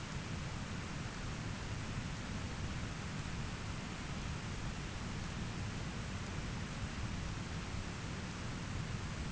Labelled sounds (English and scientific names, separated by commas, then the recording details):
none
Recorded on Arctic tundra, site ZACK-1, on 13 June 2019
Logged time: 09:49